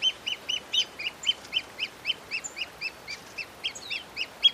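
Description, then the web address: Pearl kite repeating short, high, slightly hooked notes in a brisk, somewhat uneven series, about four each second. "Pearl kite. صدای-پرنده-کورکور-مرواریدی"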